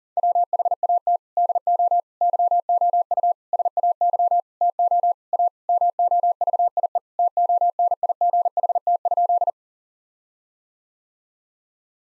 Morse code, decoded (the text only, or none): WHAT DO YOU SAY TO A MOVIE TONIGHT?